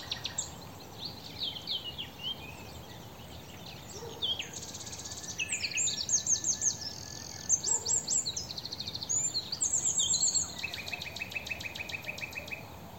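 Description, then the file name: Eurasian wren pouring out a long, high, rattling song of rapid trills and ticks, building in the second half, over continuous low environmental noise. "Troglodytes troglodytes"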